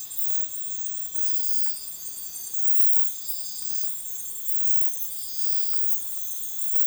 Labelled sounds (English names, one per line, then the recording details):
none
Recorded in dense forest near Puerto Asís, Putumayo, Colombia, on 18 February 2024 at 04:30
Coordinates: 0.505, -76.324
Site G6467